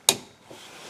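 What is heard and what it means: A red locking button on a reassembled plastic wiring harness connector for a 2021 Ram bed step is pushed forward and snaps into its locked position with one sharp, bright click at 0.1 s. The click fades quickly into low background noise, and the connector lock is seated.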